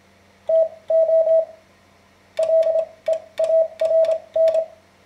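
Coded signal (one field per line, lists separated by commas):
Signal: Morse code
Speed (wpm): 26 wpm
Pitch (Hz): 650 Hz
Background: none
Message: TO LEARN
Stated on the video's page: Morse lesson introducing the code to beginners, following ARRL learning recommendations.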